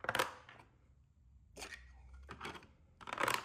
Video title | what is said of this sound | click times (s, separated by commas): Shop Organization: Upgrading my hardware and tool storage to a Milwaukee Packout parts organizer | Like I said, these snap in place. | 0.1 s, 3.2 s